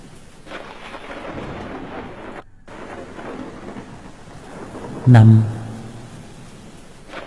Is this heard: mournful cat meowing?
no